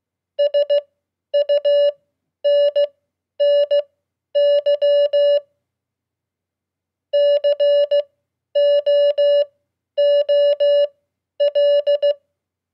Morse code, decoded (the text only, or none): SUNNY COOL